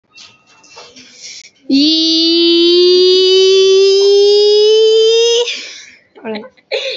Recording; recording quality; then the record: sustained vowel as in beet; excellent, no background noise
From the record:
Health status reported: healthy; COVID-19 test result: negative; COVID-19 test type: RT-PCR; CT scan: not taken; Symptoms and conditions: cold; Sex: female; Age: 21 years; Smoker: no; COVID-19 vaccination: none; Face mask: worn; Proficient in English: yes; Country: India